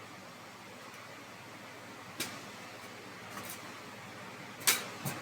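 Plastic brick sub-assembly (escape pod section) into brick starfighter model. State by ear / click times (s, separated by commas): seated / 2.2 s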